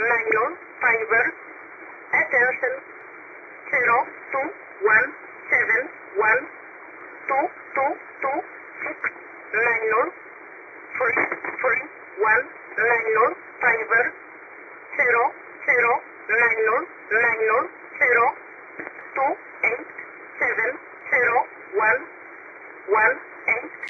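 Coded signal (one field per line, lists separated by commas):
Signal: numbers station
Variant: E11, English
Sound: male voice reading short evenly spaced numbers over narrow-band radio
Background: radio static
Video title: 12153kHz USB Polish Number Station E11 calling 300 (May 15, 2026)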